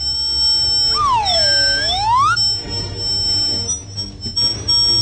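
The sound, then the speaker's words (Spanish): A high-pitched electronic beeping tone swoops down and back up for about a second, over a thin steady whine and a constant low rumble, with no one speaking. “¡Y tiren ese sonido agudo también! ¡Arrojen ese sonido agudo por la borda! ¡Ese pitido del oro!”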